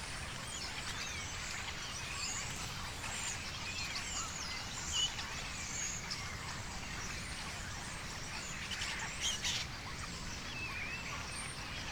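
Starlings chatter in the evening, a dense, steady mass of bright squeaks, clicks and whistles filling the upper range with no pauses. A few sharper calls stand out near five and nine seconds, while a low, rough rumble runs underneath throughout.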